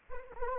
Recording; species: mosquito wingbeat signal from an infrared sensor; Anopheles arabiensis